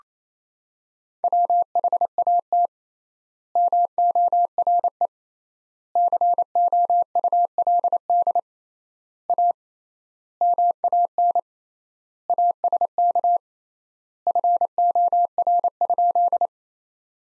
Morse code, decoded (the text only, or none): WHAT MORE COULD A MAN ASK FOR?